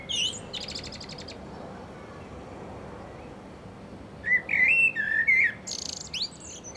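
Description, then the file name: Common blackbird ending one phrase with a high twitter, then after a pause singing a mellow warbled phrase that breaks into squeaky, rapid high notes, over steady background hiss. "Turdus merula"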